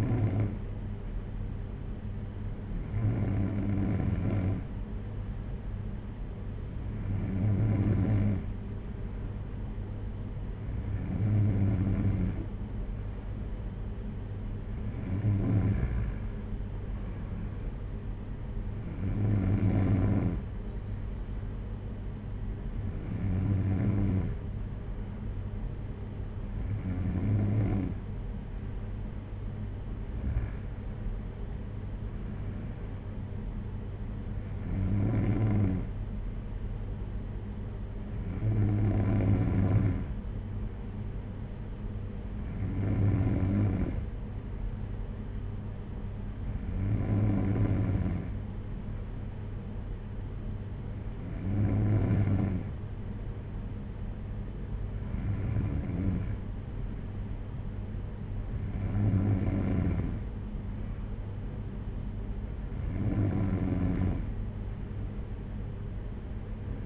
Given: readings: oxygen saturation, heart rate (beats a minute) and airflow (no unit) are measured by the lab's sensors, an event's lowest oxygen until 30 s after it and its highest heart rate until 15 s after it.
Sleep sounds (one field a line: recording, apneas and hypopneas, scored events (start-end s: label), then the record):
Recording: breathing in sleep by a smartphone at the bedside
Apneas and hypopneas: none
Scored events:
15.00-66.86 s: new sleep stage, N3 (deep sleep)
From the record:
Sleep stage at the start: N2 (light sleep)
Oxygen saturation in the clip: 94%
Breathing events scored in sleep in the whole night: 226 in 8.8 hours asleep